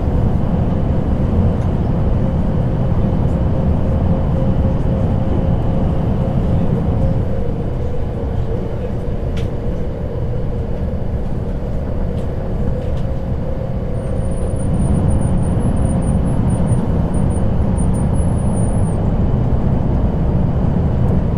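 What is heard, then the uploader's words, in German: A train ride at night: a constant deep rumble and roar fills the whole clip, steady in level with a faint low hum running through it. Near the end, from about fourteen to nineteen seconds, a thin high squeal or whine wavers above the rumble. Zugfahrt in der Nacht.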